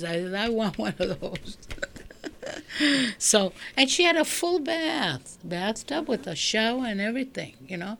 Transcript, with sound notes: I says, "I want one of those." ( she laughs ) So, and she had a full bath, a bathtub with a shower and everything, you know.